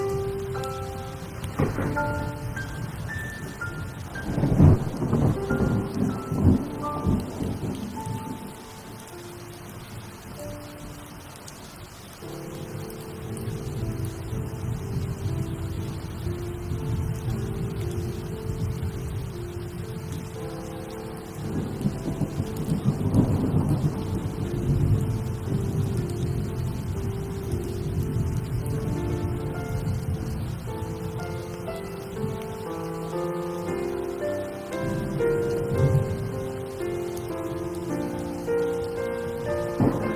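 A low, sustained musical soundtrack plays under steady rain, with deep thunder rumbling in around five seconds and again near twenty-three.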